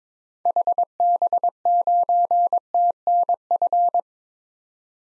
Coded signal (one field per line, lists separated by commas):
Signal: Morse code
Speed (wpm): 22 wpm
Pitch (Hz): 700 Hz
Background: none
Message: HB9TNF